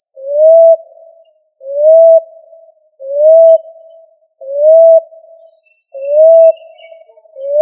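Pigeon giving steady, hollow cooing notes, each sliding upward then fading into a soft rumble, repeated regularly about every one and a half seconds.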